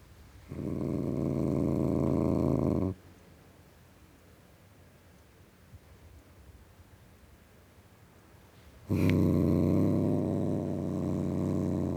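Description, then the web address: Domestic cat growling in two low, rough bouts separated by a long quiet pause. Male (tom) domestic cat, growling. "BBC Sound Effects Library - Cats Tom Cat Growling"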